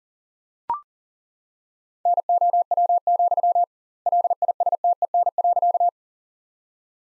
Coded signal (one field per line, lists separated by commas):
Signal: Morse code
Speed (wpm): 37 wpm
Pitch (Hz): 700 Hz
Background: none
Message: NOW, LISTEN.